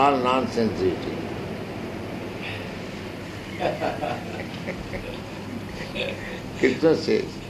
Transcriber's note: laughter